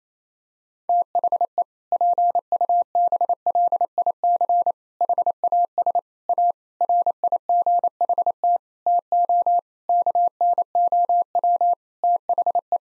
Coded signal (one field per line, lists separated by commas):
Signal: Morse code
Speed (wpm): 28 wpm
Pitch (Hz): 700 Hz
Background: none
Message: THE PUBLIC HAS A RIGHT TO KNOW THE